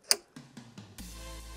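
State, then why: Seated. A third PCB game tile is snapped into the adjacent tiles, closing the LED path back to the starting tile. A sharp, bright click at 0.1 s marks the tile seating, followed by softer low ticks near 0.4, 0.6 and 0.8 s and a steady low hum from about 1.0 s onward. The tile is seated.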